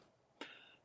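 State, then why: Seated. A 2.7 OCTA softbox light modifier is fitted onto a portable flash head, aimed downward. A single sharp click at 0.4 s, followed by a brief metallic ring that fades over about 0.3 seconds, marks the modifier seating firmly in place.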